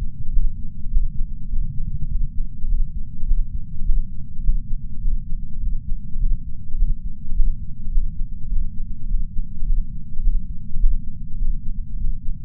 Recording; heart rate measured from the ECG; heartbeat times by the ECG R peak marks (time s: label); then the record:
heart sounds by patch sensor on the chest; 103 bpm
0.31 s: heartbeat
0.89 s: heartbeat
1.48 s: heartbeat
2.08 s: heartbeat
2.67 s: heartbeat
3.26 s: heartbeat
3.84 s: heartbeat
4.42 s: heartbeat
5.00 s: heartbeat
5.59 s: heartbeat
6.18 s: heartbeat
6.77 s: heartbeat
7.34 s: heartbeat
7.90 s: heartbeat
8.48 s: heartbeat
9.07 s: heartbeat
9.65 s: heartbeat
10.22 s: heartbeat
10.78 s: heartbeat
11.37 s: heartbeat
11.96 s: heartbeat
From the record:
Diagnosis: coronary artery disease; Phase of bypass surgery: postoperative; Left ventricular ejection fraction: 64%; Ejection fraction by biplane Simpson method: 61.7%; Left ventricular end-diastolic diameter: 46 mm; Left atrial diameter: 31 mm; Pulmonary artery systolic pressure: 30 mmHg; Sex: male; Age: 43 years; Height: 177 cm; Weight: 75 kg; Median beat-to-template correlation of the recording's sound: 0.76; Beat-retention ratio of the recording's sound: 0.99